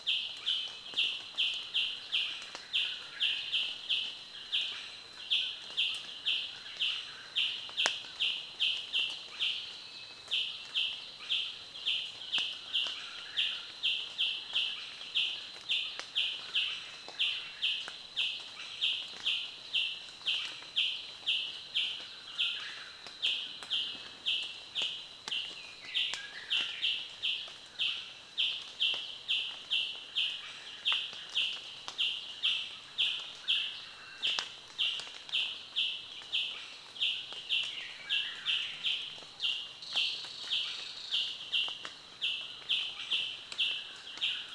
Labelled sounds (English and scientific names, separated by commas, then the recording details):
Northern Gray-headed Sparrow (Passer griseus)
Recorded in Kibale, Uganda